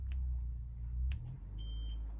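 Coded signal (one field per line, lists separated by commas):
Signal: beep code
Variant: caravan alarm key fob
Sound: two clicks, then a single short high-pitched beep over low hum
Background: low hum, clicks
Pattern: 1 short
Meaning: One beep confirms the alarm is armed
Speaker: the only right to arm or disarm the alarm one peep for armed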